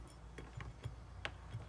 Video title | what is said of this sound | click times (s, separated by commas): How to Repair an Atlas H.O. Gauge GP 7 | Get it on its bolster pin. You can feel it click in. | 1.2 s